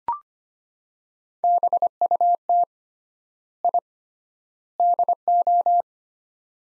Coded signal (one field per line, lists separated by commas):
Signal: Morse code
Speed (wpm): 25 wpm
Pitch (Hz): 700 Hz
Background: none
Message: BUT I DO